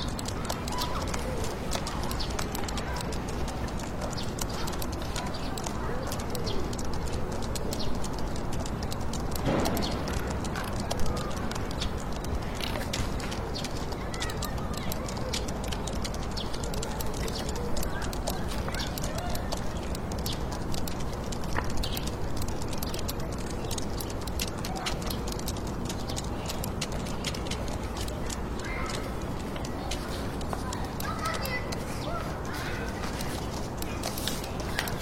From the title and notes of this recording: Atmospheric scene of staying up late working and studying in computer room, fingertip typing and urban white noise.